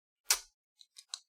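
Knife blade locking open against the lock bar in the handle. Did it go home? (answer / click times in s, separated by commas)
yes / 0.3 s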